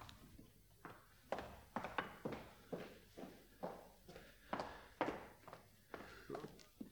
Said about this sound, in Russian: В одном из залов близ сараля заточен Калов. Ему не спится. Он шагает из угла в угол.